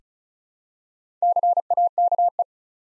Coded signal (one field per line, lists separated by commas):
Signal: Morse code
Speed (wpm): 36 wpm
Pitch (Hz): 700 Hz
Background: none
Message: CAKE